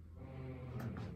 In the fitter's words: Pops into place.